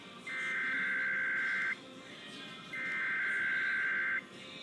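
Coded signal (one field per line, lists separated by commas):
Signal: Emergency Alert System (SAME) tones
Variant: header bursts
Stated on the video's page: Required Weekly Test from a NOAA Weather Radio transmitter, heard via the WJON-IP internet stream.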